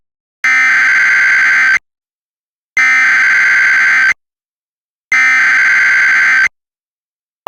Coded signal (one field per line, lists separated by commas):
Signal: Emergency Alert System (SAME) tones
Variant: header bursts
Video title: Exploding Arcade Cabinets (EAS Scenario)